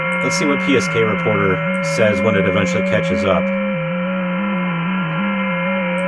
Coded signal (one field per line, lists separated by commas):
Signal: FT8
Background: speech